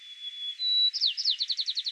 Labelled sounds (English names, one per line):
White-crowned Sparrow song